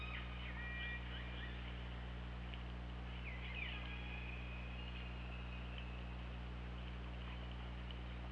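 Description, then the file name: Killer whale calls: several short rising and falling tonal sweeps, then a longer steady whistle-like tone, over constant low hum and hiss. OrcaLab, 24 August 2017, 21:06. "Orca Lab 20170824 210617"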